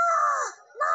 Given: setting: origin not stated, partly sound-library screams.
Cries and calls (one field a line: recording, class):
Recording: one-second piece from a danger detection set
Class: woman in danger